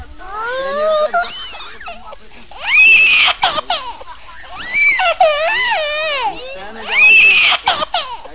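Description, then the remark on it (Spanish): A baby whimpers in thin, wavering, high-pitched whines that swell into louder quavering cries, coming in several bursts with short pauses between them. “¡El bebito está poniendo un puchero!”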